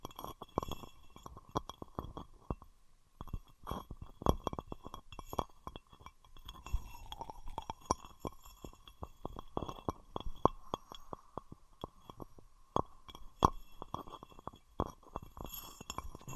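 Objects of wood, cork, sponge, foam, glass and plastic are handled against each other in a busy run of small knocks, clicks and clinks. The taps come fast and irregular throughout, with a smoother rubbing stretch around the seventh second before the clicking resumes.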